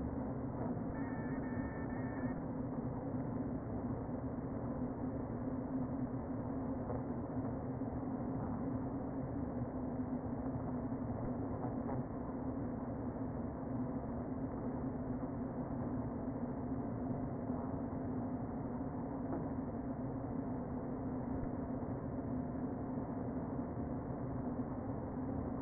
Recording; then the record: honeybee colony, microphone inside the hive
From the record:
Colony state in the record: queen present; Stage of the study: before two queens were removed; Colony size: about 60,000 bees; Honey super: yes